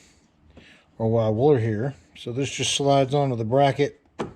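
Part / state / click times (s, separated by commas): evap purge solenoid onto engine bracket / not seated / none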